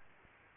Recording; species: mosquito wingbeat signal from an infrared sensor; Aedes aegypti